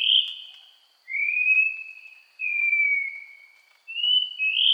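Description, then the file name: Cingcoang whistling: about four clear, pure slurred whistles in five seconds, some falling and some level or gently rising, over a faint steady high hum. Sulawesi. "suara cingcoang sulawesi"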